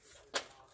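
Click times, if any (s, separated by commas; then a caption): 0.4 s. A device stand is locked onto a thin client / monitor unit, and it clicks and locks in place. Quiet room noise gives way to one short, bright, broadband click at 0.4 s, which then fades. The stand is seated.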